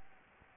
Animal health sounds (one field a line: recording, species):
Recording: mosquito wingbeat signal from an infrared sensor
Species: Anopheles gambiae